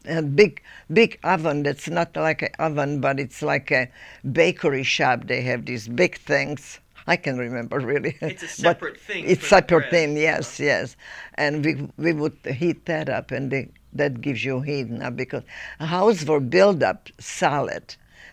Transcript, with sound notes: A big, big oven that's not like an oven but it's like a, bakery shop they have these big things, I can remember (she laughs)
It's a separate thing for bread.
A separate thing, yes, yes. And we, we would heat that up and that gives you heat now because houses were built up solid.